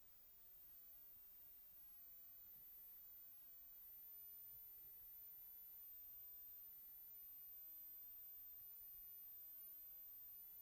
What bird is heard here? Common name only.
Common Nightingale